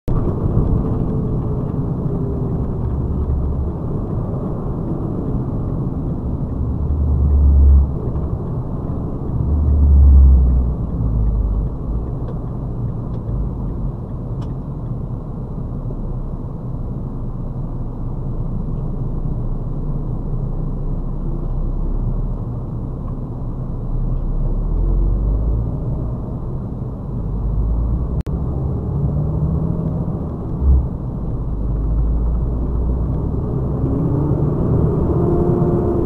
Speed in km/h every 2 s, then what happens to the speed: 45, 38, 36, 29, 23, 17, 12, 8, 6, 6, 7, 7, 13, 16, 23, 24, 27, 35.
0-16 slows to 6. 16-23 steady at about 6. 23-28 speeds up to 23. 31-36 speeds up to 35.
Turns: none.